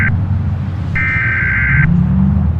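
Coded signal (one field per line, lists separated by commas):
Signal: Emergency Alert System (SAME) tones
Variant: header bursts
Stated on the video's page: Fictional EAS scenario and ambience recreation imagining a nuclear war; simulated, not a real alert.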